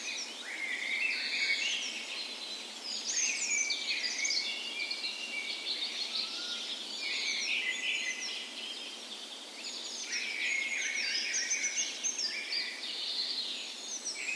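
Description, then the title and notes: Birds in a full dawn chorus, constant mix of trills, chirps and whistled notes, swelling and easing in loudness. Dawn chorus on the morning of 17 May, Norway's National Day, in a park west in Bergen, Norway, in full spring; Sony PCM A10 recorder with LOM Usi microphones as tree ears. "17th Of May Dawn Chorus. Recorded on the morning of Norways National Day the 17th of May in a park west in Bergen. Spring is in full effect, and the dawn chorus sounds wonderful!"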